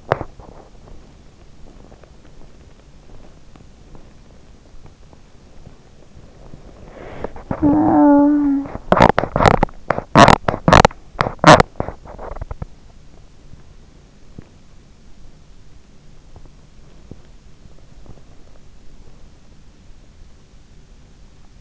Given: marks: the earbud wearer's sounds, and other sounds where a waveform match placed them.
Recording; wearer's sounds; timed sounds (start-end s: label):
sounds in sleep by an in-ear microphone; teeth grinding, swallowing, body movement, talking in sleep
0.00-0.24 s: teeth grinding
0.42-2.96 s: swallowing
2.96-6.71 s: teeth grinding
6.71-7.45 s: body movement
7.45-8.74 s: talking in sleep
8.74-11.70 s: teeth grinding
11.70-12.67 s: body movement
16.30-18.21 s: teeth grinding